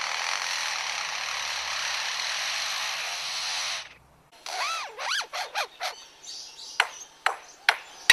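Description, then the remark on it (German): After about four seconds of steady, harsh rasping noise, a blackbird sings a quick run of bright, swooping whistled notes imitating a phone ringtone, followed by several sharp pinging chirps. “Und welchen Sinn ergibt der Klingelton aus der Amselkehle nun oder der Akkuschrauber-Sound bei dem Leierschwanz?”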